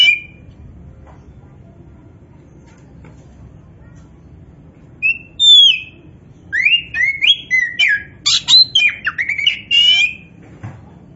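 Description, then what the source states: Oriental magpie-robin song: a single whistle, a pause of several seconds, then a lively run of varied whistles and harsh notes, with short phrases following each other quickly. Indonesian 'kacer poci' form, singing in 'gacor' style, meaning vigorous, continuous song.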